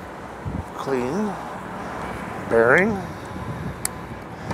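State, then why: Seated. A new connecting rod bearing shell is pressed by hand into the rod or rod cap bore, and it snaps into place with a sharp click at 3.8 s while someone talks. The shell is seated.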